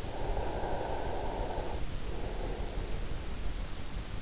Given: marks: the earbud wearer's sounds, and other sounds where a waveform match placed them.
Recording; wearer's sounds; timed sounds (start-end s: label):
sounds in sleep by an in-ear microphone; breath
0.37-3.37 s: breath